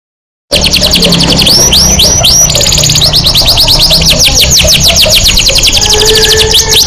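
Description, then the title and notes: Canary song starts after a brief silence: quick bursts of repeated high notes and rolling trills, some rising sweeps. Canary master song, meant as a lure to stimulate other birds into singing. "PANCINGAN SUARA MASTERAN KENARI BIKIN BURUNG MAKIN MENGGILA. masteran kicau kenari"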